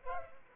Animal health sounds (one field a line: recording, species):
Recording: mosquito wingbeat signal from an infrared sensor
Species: Culex pipiens